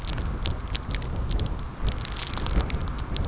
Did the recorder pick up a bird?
no